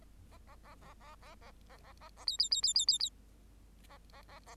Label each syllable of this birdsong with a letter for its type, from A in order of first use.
A A A A A A A A A A A B B B B B B B A A A A